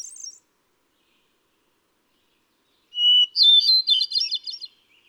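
Hermit thrush: the end of a high phrase, a pause, then a full song with a steady whistle breaking into a spiralling, flutey cascade.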